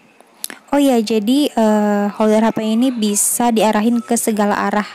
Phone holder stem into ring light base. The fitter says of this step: Pertama-tama kita buka dulu bagian sini untuk masukin yang gagangnya itu sampai bunyi klek gitu loh, guys. Kemudian kita masukin.